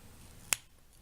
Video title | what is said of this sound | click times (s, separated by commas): Transformers Combiner Wars: G2 Superion Box Set Review | And you hear it's a pretty loud, audible click to get his shoulders in place. | 0.5 s